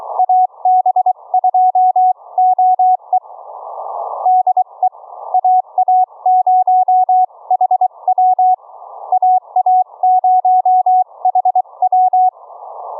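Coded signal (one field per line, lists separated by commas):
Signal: Morse code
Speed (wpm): 22 wpm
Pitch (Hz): 730 Hz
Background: none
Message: AB2OE DE AA0HW AA0HW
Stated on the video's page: Live 40 m HF CW QSO keyed with iambic paddles through an experimental homebrew remote rig using audio over IP.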